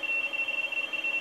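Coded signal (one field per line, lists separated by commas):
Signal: RTTY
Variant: 50 baud, 450 Hz shift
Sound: rapid warbling between two high tones, a steady chattering teleprinter burble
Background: radio static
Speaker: well there's Coastal area warnings Stark wind somewhere around Germany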